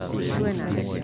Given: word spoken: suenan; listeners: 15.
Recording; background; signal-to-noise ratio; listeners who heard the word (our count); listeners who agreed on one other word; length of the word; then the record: one Spanish word in noise, from a listening test; eight-talker babble; -3.8 dB; 0 of 15; 10 of 15; 0.64 s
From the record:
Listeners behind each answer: 10, 4, 1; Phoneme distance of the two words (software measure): 10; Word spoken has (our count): 2 syllables, 6 phonemes, stress on syllable 1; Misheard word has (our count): 2 syllables, 6 phonemes, stress on syllable 1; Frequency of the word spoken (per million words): 5.18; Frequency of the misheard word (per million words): 0.08